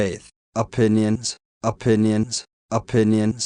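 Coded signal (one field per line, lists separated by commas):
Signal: none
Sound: synthesized voice blips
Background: speech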